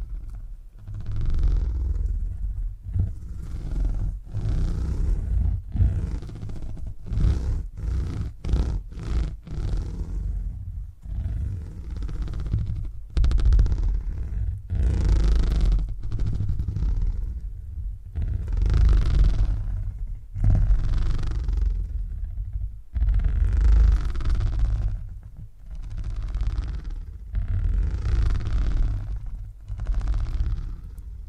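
Deep, rumbling purring that swells and fades in repeated pulses about every second or two, quickening into shorter bursts around the seven to ten second mark. The low growl dominates throughout, with a soft breathy hiss riding on each pulse.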